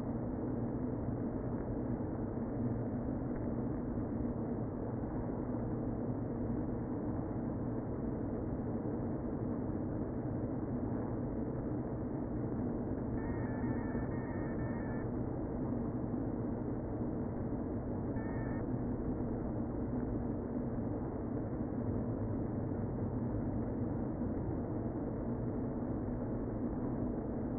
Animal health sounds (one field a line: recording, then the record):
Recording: honeybee colony, microphone inside the hive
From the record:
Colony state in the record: queen present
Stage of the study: before two queens were removed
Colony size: about 60,000 bees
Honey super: yes